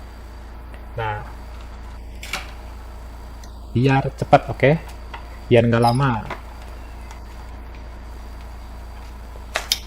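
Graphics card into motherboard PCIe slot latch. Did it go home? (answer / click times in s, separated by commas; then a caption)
yes / 9.6 s, 9.7 s. Someone talks while the first graphics card is pushed into the motherboard's PCI Express slot. Two sharp, loud clicks follow at 9.6 s and 9.7 s as the card locks into the slot latch and is seated.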